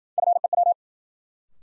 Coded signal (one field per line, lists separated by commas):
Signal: Morse code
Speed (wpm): 51 wpm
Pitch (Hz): 700 Hz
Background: none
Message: FEW